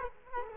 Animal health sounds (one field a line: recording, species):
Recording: mosquito wingbeat signal from an infrared sensor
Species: Culex quinquefasciatus